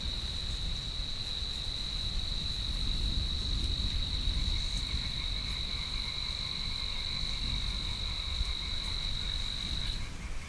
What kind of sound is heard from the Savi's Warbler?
song